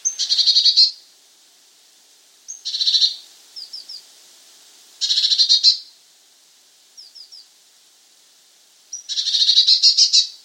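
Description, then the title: Eurasian blue tit giving four rattling churr bursts, with trios of thin descending notes between the second and third and between the third and fourth. "Gelatikbt. Eurasian Blue Tit (Cyanistes caeruleus)"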